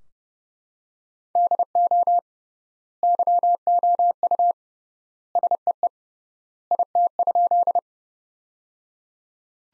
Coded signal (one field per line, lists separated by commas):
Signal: Morse code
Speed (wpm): 30 wpm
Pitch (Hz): 700 Hz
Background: none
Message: DO YOU SEE IT?